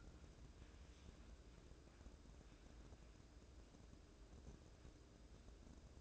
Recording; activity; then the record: daily activity, microphone in the room; wipe stove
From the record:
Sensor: 2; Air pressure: 1012.2 hPa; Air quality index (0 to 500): 154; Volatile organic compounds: 2 ppm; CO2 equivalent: 1124 ppm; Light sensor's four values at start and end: 396/992/390/405 and 385/964/380/394